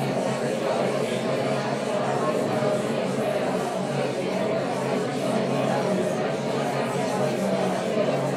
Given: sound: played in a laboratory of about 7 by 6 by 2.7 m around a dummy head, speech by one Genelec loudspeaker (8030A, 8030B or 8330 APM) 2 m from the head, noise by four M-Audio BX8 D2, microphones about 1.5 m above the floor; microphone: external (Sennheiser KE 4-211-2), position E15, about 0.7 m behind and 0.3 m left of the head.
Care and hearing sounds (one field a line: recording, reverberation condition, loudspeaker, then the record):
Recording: babble noise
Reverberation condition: medium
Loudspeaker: four, about 170 cm from the corners of the room and facing them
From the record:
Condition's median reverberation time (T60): about 510 ms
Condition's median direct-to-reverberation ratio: about -0.5 dB